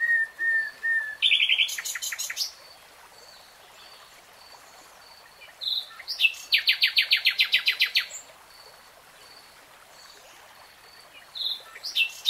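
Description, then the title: Nightingale song: a thin whistle, then a burst of rapid, loud repeated notes, a pause with faint high tones, and another long fast rattling run of repeated notes. Singing in real time. "[Tiếng chim hót] 3 Hours REALTIME Nightingale Singing"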